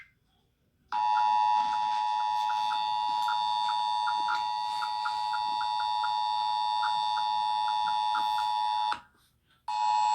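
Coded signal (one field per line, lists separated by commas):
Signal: Emergency Alert System (SAME) tones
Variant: 853 and 960 Hz attention tone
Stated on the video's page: Fictional simulated EAS scenario, not a real alert.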